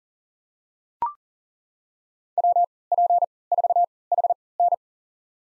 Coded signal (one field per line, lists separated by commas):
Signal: Morse code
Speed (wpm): 40 wpm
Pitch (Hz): 700 Hz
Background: none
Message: WP4HN